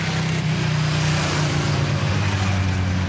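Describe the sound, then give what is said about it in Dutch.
Many motorcycles roar past on the Dorpsweg near the centre of Sleenaken, a main road through the Heuvelland, a loud, steady engine drone filling the whole stretch, its low rumble sliding slightly in pitch as they go by. No one speaks. “En hier komen heel veel motoren langs.”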